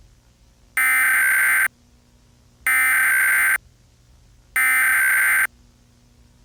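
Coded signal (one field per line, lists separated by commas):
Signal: Emergency Alert System (SAME) tones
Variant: header bursts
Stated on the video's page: Fictional EAS scenario, simulated alert about an anomaly-containment organization's collapse.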